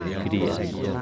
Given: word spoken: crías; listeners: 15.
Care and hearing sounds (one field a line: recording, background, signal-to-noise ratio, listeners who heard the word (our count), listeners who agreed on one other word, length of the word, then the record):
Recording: one Spanish word in noise, from a listening test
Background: eight-talker babble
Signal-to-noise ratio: -0.4 dB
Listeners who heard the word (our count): 1 of 15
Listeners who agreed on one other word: 9 of 15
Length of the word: 0.62 s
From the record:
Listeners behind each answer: 9, 2, 1, 1, 1, 1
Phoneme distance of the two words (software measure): 17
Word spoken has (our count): 2 syllables, 5 phonemes, stress on syllable 1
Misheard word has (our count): 1 syllable, 4 phonemes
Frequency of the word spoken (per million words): 3.19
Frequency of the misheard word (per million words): 29.81